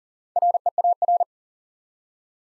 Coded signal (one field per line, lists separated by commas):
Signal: Morse code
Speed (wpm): 42 wpm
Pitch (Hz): 700 Hz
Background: none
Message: REAR